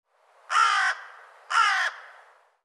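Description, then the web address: Bird producing two rough, grating caws about one second apart, each short and loud with a soft decaying tail. "cianscape birddata Deverinetal 2025"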